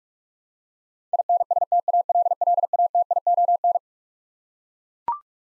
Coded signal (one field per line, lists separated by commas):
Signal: Morse code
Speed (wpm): 42 wpm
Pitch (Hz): 700 Hz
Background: none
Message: INSTALLATION